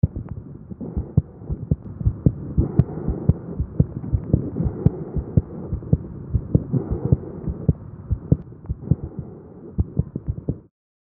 Lung sounds as heard over the central thorax, where they are called bronchial breath sounds. Louder on inspiration than expiration, lower pitched than in the trachea, and softer than tracheal breath sounds.